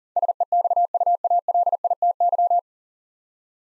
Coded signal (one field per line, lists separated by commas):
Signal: Morse code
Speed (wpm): 40 wpm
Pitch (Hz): 700 Hz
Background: none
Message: SEXUALITY